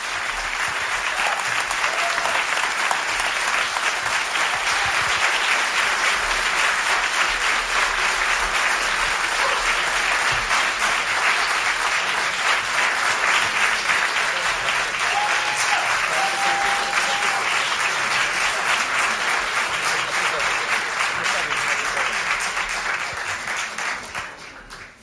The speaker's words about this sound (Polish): Prosimy o klaski, stremowani bardzo.